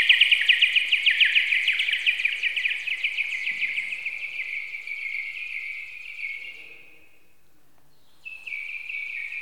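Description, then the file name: Bird chirping in a loud, fast high trill that fades into a steady tone, falls quiet, then picks up again softly. "Linnut"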